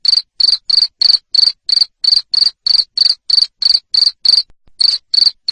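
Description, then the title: Loud cricket chirps, each a short harsh buzz, repeated rapidly about three times a second with one brief break. Loud cricket chirping played to make lovebirds sing continuously. "Suara JANGKRIK NGERIK Keras Bikin LOVEBIRD Jadi NGEKEK Terus Vubey"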